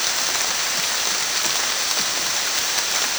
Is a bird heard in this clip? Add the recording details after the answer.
no. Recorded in dense forest near Puerto Asís, Putumayo, Colombia, on 29 June 2025 at 13:00. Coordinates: 0.484, -76.317. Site G045